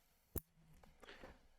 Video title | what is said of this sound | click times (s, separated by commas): xc15 audio module tutorial | and you push the cable in until you hear it click | 0.4 s